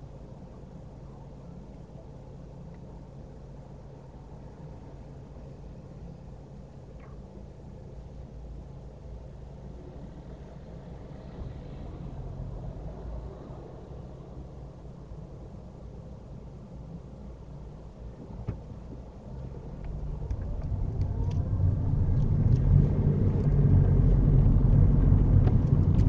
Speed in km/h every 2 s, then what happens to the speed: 0, 0, 0, 0, 0, 0, 0, 0, 0, 8, 19, 26, 24.
0-16 standing. 16-22 pulls away to 26.